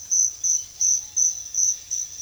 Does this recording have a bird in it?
no